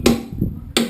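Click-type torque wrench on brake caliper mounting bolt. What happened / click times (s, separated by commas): Torque wrench clicks at setting / 0.8 s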